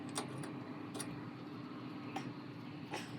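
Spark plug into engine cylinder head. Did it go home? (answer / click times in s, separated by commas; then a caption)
no / none. A metal spark plug is turned into the cylinder head of a 1931 Ford Model A pickup engine with an open-end wrench, while the plug is checked for resistance by feel. Light metallic ticks sound at about 0.2, 1.0, 2.2 and 2.9 seconds over a steady low hum. The plug is not in all the way and has not seated or clicked yet.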